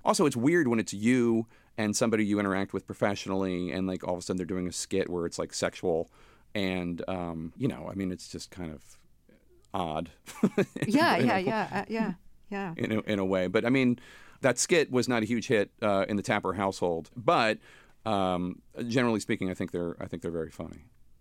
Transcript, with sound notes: Also it's weird when it's you and somebody you interact with professionally, and like all of sudden they're doing a skit where it's like sexual. And, you know, I mean, it's just kind of odd (laughter)...
Yeah, yeah, yeah.
...You know, in a way. But, I mean, that skit was not a huge hit in the Tapper household. But, generally speaking, I think they're very funny.